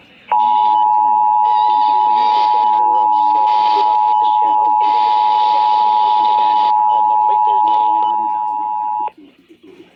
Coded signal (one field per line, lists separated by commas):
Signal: Emergency Alert System (SAME) tones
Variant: 853 and 960 Hz attention tone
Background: speech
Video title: EAS/NWR Alert or message #843-851/853: First Ohio Required Weekly Test for 2022